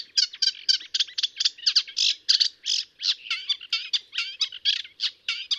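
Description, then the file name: Eurasian reed warbler song: grating, chirring phrases in quick succession with a jerky rhythm. "Rousserolle effarvatte"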